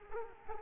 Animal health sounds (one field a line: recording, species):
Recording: mosquito wingbeat signal from an infrared sensor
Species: Culex quinquefasciatus